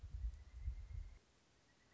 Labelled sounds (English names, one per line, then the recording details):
Pileated Woodpecker
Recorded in Sonoma County, California